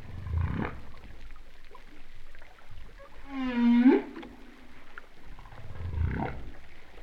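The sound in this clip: Humpback whale moans: low swooping groans at start and end, with a harmonic cry in the middle that holds steady, then sweeps up sharply at its end.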